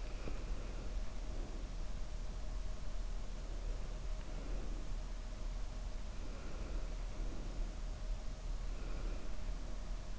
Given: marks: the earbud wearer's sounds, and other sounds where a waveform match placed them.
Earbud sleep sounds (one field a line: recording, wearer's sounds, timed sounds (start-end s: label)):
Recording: sounds in sleep by an in-ear microphone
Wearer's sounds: breath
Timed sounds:
0.00-1.81 s: breath
3.11-5.15 s: breath
5.97-7.98 s: breath
8.50-10.19 s: breath